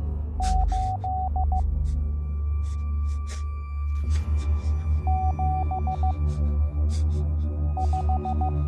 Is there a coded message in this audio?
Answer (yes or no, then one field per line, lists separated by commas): yes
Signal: Morse code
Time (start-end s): 0.4-8.5 s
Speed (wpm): 15 wpm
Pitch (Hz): 750 Hz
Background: none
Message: 8 7 5